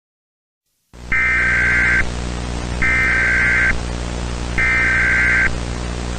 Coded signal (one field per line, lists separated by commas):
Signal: Emergency Alert System (SAME) tones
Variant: header bursts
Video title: EAS Scenario - Pretty Blood [READ DESC]